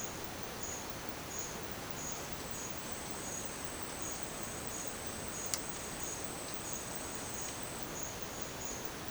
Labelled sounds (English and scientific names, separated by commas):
none